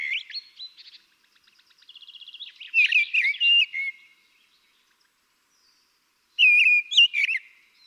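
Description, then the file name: Common blackbird song: fluted warbling phrases with thin high notes, three bursts separated by pauses. "Turdus merula"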